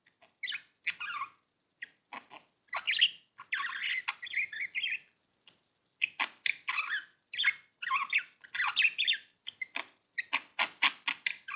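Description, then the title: Budgerigar chatter: dense bursts of scratchy squawks and rapid chirps, brief pauses near two seconds and again before six, then continuing in quick, harsh notes. "Budgie Sounds"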